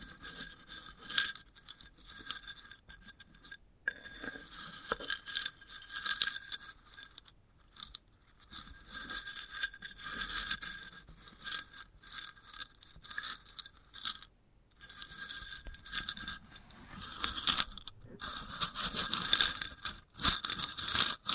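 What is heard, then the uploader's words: Scratching and crackling on a sunflower head, in dry, hissy bursts of scraping and light crunching. The rubbing comes in uneven runs with brief pauses near 4, 7.5, 14.5 and 18 seconds, and grows denser and brighter toward the end. ASMR of a Sunflower Head (No Talking).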